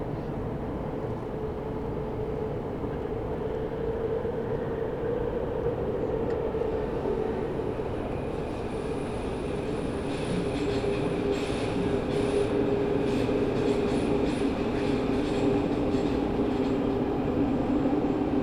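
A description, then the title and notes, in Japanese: A Tokyo Metro train runs between Iidabashi and Nishi-Funabashi, its steady low rumble and roar filling the whole clip with a faint whine held above it. The noise grows slightly louder after about ten seconds, when quick bright clattering flickers join in, like wheels over rail joints. 東京メトロ 飯田橋→西船橋。津田沼行きの快速に乗車していますので、車両はＪＲの車両です。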